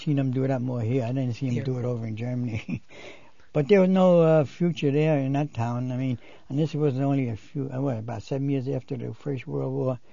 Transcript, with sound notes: I seen them do that more here. I didn't see them do it over in Germany. ( he laughs ) But there was no future there in that town. I mean, and this was only, what, about seven years after the first World War.